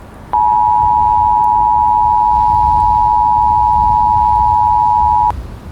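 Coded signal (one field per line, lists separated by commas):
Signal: Emergency Alert System (SAME) tones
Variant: 853 and 960 Hz attention tone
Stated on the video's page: Fictional EAS scenario, simulated.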